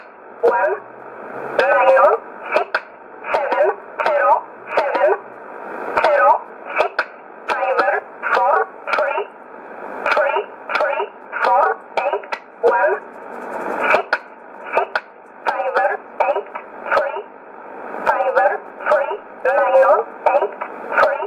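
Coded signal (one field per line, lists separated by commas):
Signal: numbers station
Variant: E11, English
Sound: female-style synthetic voice reading short evenly spaced English numbers over radio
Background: radio static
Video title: 14 04 2020 E11 Oblique Numbers station in English 0853 on 12202 unknown tx site in USB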